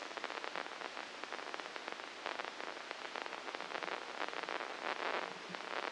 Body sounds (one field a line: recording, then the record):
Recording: brain microelectrode recording played as sound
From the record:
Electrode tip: inside the subthalamic nucleus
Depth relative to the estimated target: -4 mm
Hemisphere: left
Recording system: NeuroSet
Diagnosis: Parkinson's disease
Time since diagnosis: 9 years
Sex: female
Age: 51 years